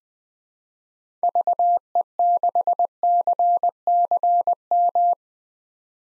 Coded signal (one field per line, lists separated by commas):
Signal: Morse code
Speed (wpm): 21 wpm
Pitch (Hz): 700 Hz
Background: none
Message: VE6CCM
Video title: 2023 SOTA Chaser Call Signs - 20wpm